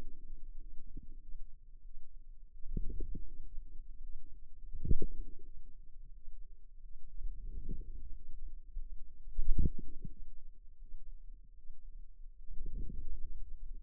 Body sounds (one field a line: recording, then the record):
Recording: forearm muscle sounds (acoustic myography)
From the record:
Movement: outward rotation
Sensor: system 2, bracelet of six BSWA MPA416 microphones around the upper forearm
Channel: 2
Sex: female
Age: 23 years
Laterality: right